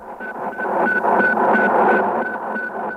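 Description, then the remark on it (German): Radio beeps from the Sputnik satellite, as received by radio amateurs around the world: a steady train of short, evenly spaced high-pitched tones pulsing over a thick bed of hissing, crackling radio static, with no voices. “Das Geheimnis dieser Piepstöne, die Funkamateure in aller Welt empfangen hatten, war damit gelöst.”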